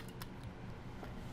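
A DDR4 SO-DIMM memory stick is pushed down into the memory slot of an ASUS TUF FX504 laptop until the side clips catch and hold it. A sharp click sounds at 0.2 s over a steady low background hum, with a few faint ticks after it. The module is seated in the slot.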